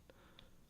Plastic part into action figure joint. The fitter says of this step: a little easy it's not all the way in there